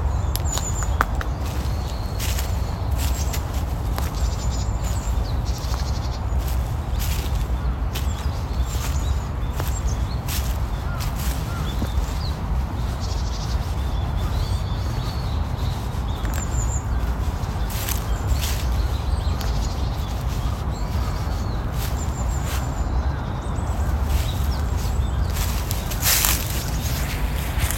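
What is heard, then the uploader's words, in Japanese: Natural sounds on a morning walk through a park: a steady low rumble fills the background while small chirps and calls flicker high up throughout. Brief sharp clicks and taps land irregularly, and a few short animal-like bleats come through faintly. 公園の朝散歩より658鳥のこえ。公園の朝散歩で聴こえてくる自然音。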